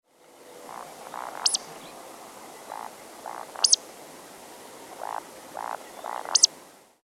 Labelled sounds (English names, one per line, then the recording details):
Eurasian Woodcock
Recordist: Tembrock, Günter
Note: Balz